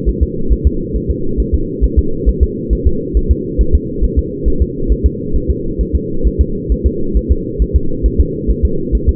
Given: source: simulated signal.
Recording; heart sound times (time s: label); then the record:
fetal heart sounds
0.09 s: S1
0.23 s: S2
0.52 s: S1
0.67 s: S2
0.96 s: S1
1.10 s: S2
1.40 s: S1
1.54 s: S2
1.84 s: S1
1.99 s: S2
2.29 s: S1
2.43 s: S2
2.73 s: S1
2.87 s: S2
3.17 s: S1
3.31 s: S2
3.61 s: S1
3.75 s: S2
4.04 s: S1
4.19 s: S2
4.48 s: S1
4.62 s: S2
4.92 s: S1
5.06 s: S2
5.36 s: S1
5.50 s: S2
5.81 s: S1
5.95 s: S2
6.27 s: S1
6.41 s: S2
6.72 s: S1
6.86 s: S2
7.17 s: S1
7.32 s: S2
7.62 s: S1
7.76 s: S2
8.06 s: S1
8.20 s: S2
8.50 s: S1
8.65 s: S2
8.95 s: S1
9.09 s: S2
From the record:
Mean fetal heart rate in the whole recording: 135 bpm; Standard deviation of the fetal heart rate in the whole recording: 3 bpm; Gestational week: 34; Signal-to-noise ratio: -8.1 dB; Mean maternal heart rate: 72 bpm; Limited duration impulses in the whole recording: absent